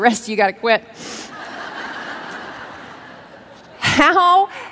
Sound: laughter

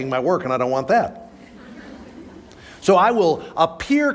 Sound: laughter

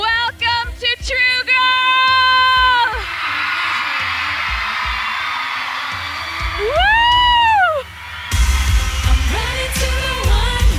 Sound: shouts and applause

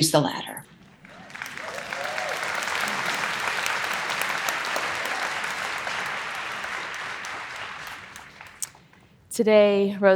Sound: applause

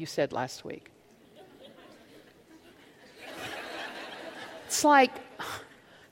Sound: laughter

